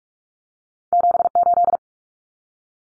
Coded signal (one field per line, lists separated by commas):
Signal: Morse code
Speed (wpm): 44 wpm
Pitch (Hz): 700 Hz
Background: none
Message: 78